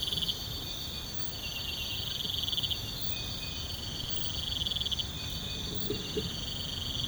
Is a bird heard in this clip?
no